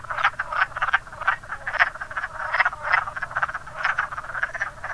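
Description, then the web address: Wood frog calls: distinct hoarse clucking croaks in quick pulses, several frogs overlapping in a continuous chorus. "zoology woodfrog"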